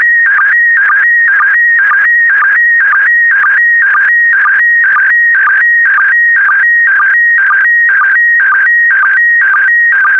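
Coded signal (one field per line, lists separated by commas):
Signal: SSTV (slow-scan television)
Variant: PD120 mode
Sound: warbling tone jumping between two pitches, with short low blips twice a second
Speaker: complete. You can now check your decoded image against the picture that is shown on the video.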